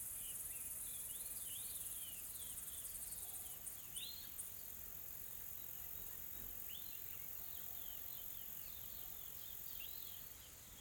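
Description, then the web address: Insects form a bright, unbroken high hiss while birds add frequent quick chirping notes over it. Calm, soft insect ambience from a tropical forest in South Africa. "Smart Sound FX - Nature South Africa AMBIENCE Additional Tropical Forest Soft Insects Calm"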